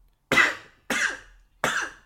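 An adult woman sneezes three times in quick succession, the sharp, explosive bursts coming roughly two-thirds of a second apart, each fading quickly. Their short, harsh onset makes the sneezes sound much like coughs. The room is otherwise quiet.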